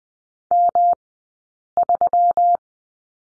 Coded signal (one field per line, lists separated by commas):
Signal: Morse code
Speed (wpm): 20 wpm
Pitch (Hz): 700 Hz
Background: none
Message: M3